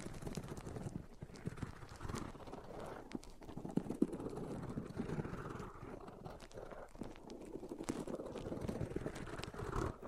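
Microphones are rubbed against different surfaces, making a continuous low, rumbling scrape that churns without pause for the whole stretch. Brief sharper clicks and scuffs break through irregularly, especially around the middle, over a muffled, wind-like roar.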